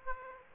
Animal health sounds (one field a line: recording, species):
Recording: mosquito wingbeat signal from an infrared sensor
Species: Aedes aegypti